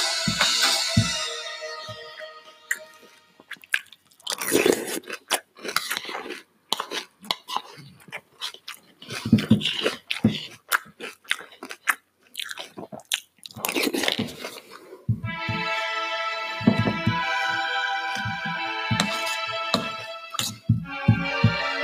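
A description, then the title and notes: Someone eats cereal, with crunchy bites and chewing coming in quick, irregular bursts. Dense, bright crackling fills the opening seconds and returns strongly from about 15 seconds to the end. Between these stretches, softer single crunches and short pauses break up the chewing. Cereal eating. Today's cereal is HONEY BUNCHES OF OATS.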